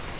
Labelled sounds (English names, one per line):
Grace's Warbler flight call